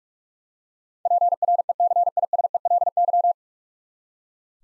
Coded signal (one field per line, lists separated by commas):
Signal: Morse code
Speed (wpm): 42 wpm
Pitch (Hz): 700 Hz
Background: none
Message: PRECISELY